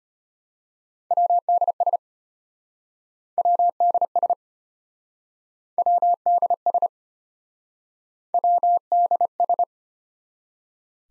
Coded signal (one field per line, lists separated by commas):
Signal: Morse code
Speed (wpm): 33 wpm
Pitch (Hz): 700 Hz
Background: none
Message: WDS WDS WDS WDS